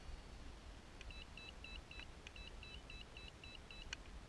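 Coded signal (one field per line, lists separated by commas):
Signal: none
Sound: RC transmitter beeps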